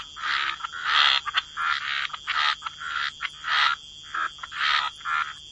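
Frogs croaking in a chorus, rough bursts overlapping in quick irregular runs, with a steady high whine running beneath them throughout.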